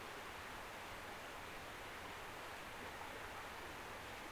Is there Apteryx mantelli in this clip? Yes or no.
no